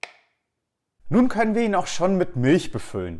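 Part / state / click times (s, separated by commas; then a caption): milk container into the front holder of an automatic coffee machine / seated / 0.0 s. The plastic milk container of a Philips LatteGo 5400 (model EP 5447/90) automatic coffee machine, hooked into the frame at the top of the front holder, is pressed down at the bottom until it latches, giving a single sharp click at 0.0 s. After about a second of silence, someone talks. The container is seated.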